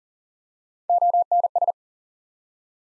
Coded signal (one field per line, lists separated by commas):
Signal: Morse code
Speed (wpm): 42 wpm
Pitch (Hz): 700 Hz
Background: none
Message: ONS